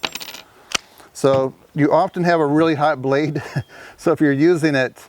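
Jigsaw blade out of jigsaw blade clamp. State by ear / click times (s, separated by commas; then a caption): released / 0.1 s. A metal jigsaw blade is released from the tool-free blade clamp of a Milwaukee barrel grip jigsaw, popping out with a sharp metallic click at 0.05 s, followed by a few lighter ticks. A second sharp hit follows as the blade appears to drop onto a surface, and then someone talks.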